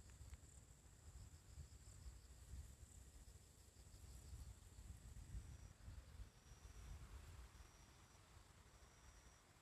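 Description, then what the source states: Bell cricket song, faint high pulsing, with a few sustained ringing notes in the second half, against a steady insect drone and low rumble. Morning, on a riverside walking path; the recordist wonders whether these are the last bell crickets of the year.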